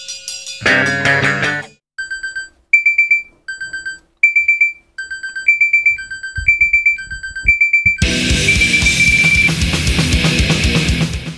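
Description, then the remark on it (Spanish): A smart alarm clock set for 10 a.m. goes off with a brief chime, then rapid high electronic beeps in a repeating two-pitch pattern, before loud, distorted heavy music abruptly takes over. “Mi Elbit despertador inteligente, programado para despertarme con el … a las 10 de la mañana, me sorprende con la …”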